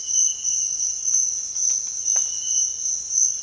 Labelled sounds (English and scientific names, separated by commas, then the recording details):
none
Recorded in dense forest near Puerto Asís, Putumayo, Colombia, on 9 March 2025 at 06:30
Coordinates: 0.481, -76.323
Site G088